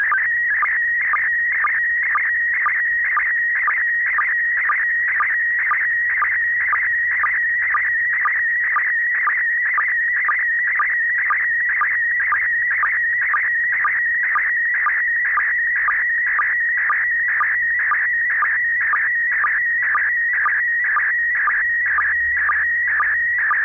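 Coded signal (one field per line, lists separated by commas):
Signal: SSTV (slow-scan television)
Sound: warbling, chirping tone sweeping around 2 kHz, with a short low blip about twice a second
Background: low hum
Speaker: record the signal and then you can play it back later on the application and for me multiscan 3b and that's what i'll show you right now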